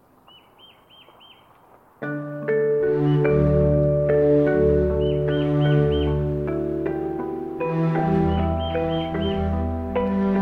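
Along the Palm Hammock Trail at Merritt Island, a bird repeats quick, wavering chirps over quiet air. At two seconds a loud layer of steady, chord-like tones and a deep hum takes over, shifting a few times, while the chirping bursts return around five and eight seconds.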